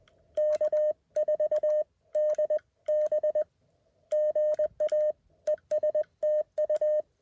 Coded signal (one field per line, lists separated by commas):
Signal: Morse code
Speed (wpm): 20 wpm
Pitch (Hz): 610 Hz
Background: none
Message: K4DB GA ES TU